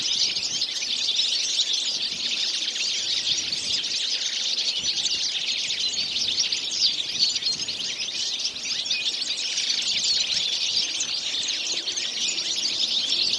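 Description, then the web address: Many birds chattering together in an unbroken wash of high-pitched chirps and tweets that holds a steady level from start to finish. "Deverinetal"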